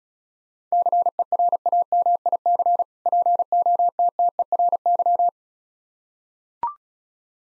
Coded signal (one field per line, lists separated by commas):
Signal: Morse code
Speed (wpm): 36 wpm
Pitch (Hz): 700 Hz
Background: none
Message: CERAMIC POTTERY